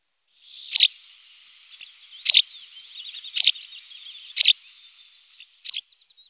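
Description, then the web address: White wagtail calls: five sharp, high chips at irregular intervals over a continuous soft, warbling twitter, ending with a few faint short notes. "Bergeronnette grise"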